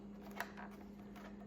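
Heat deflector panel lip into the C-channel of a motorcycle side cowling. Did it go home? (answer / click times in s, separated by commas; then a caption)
no / none. The lip of a plastic heat/air deflector panel is worked into the C-channel of a Triumph Tiger 900's plastic side cowling, starting from the bottom. Quiet handling is heard over a steady low hum, with one brief sharp tick at 0.4 s. Nothing has seated or clicked yet.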